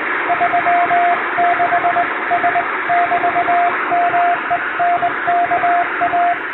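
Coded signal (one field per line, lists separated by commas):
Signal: Morse code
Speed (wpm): 20 wpm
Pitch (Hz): 700 Hz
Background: radio noise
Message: 36S<BT>MENKA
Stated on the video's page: Morse practice in English-language CW sent by hand on a vertical straight key, from a telegram practice book.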